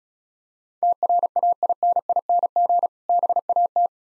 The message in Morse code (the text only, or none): TRAINING BAT